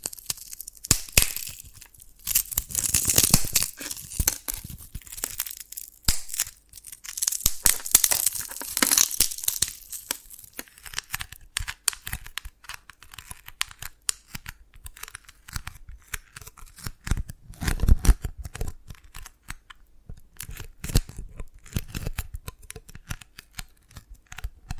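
Tapping and cracking on dalgona candy, a dense run of sharp clicks and crisp, crinkly scraping that is brightest and busiest in the first ten seconds. Afterward the taps thin out into irregular snaps, with a louder crackling burst around eighteen seconds.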